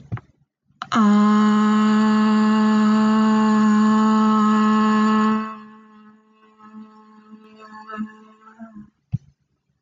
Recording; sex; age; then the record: vowel held as long as possible; female; 20 to 29 years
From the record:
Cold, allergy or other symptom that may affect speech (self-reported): no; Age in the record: 24 years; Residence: Ohio, United States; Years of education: 19